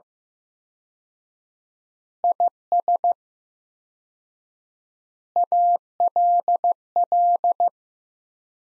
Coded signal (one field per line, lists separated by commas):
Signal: Morse code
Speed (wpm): 16 wpm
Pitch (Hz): 700 Hz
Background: none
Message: IS ALL